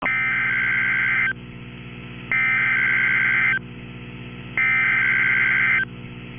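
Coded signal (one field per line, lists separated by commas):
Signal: Emergency Alert System (SAME) tones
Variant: header bursts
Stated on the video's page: Tornado warning with valid SAME tones that can activate the emergency alert system.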